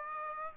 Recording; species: mosquito wingbeat signal from an infrared sensor; Aedes aegypti